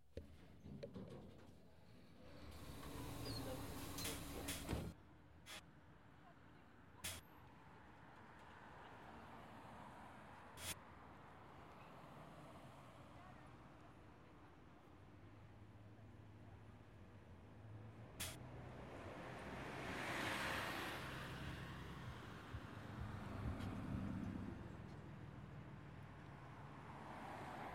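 Outdoor traffic around a university campus: cars swell past near 3 and 20 seconds over a low rumble, with sharp knocks at scattered moments.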